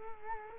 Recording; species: mosquito wingbeat signal from an infrared sensor; Culex quinquefasciatus